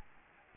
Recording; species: mosquito wingbeat signal from an infrared sensor; Anopheles gambiae